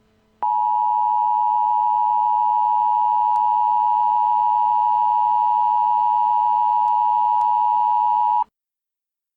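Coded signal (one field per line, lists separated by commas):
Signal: Emergency Alert System (SAME) tones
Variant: 853 and 960 Hz attention tone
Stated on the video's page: Fictional rioting EAS scenario, not a real alert.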